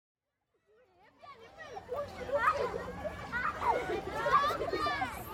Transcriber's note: children playing in background